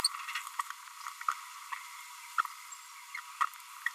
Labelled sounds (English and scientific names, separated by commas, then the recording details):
Green-rumped Parrotlet (Forpus passerinus) babbling
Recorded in a nest box in Venezuela
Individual 18B25A3